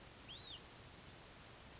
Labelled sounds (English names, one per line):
Hutton's Vireo